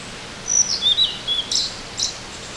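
Bird calls: several short, thin, high-pitched chirps and slurred notes over about two seconds, with a faint steady hiss behind them.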